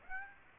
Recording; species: mosquito wingbeat signal from an infrared sensor; Aedes aegypti